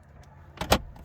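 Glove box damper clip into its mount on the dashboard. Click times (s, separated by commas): 0.7 s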